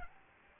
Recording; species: mosquito wingbeat signal from an infrared sensor; Aedes albopictus